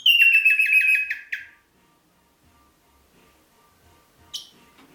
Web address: pevcii popugai. psephotus haematonotus